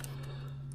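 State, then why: Seated. The fuel line quick-connect coupling on a 2024 Triumph Speed Twin is pushed back onto the gas tank fitting and seats with a sharp click at 0.0 s. A steady low hum runs underneath, and a fainter tick follows at 0.7 s, confirming the connector is fully clicked in.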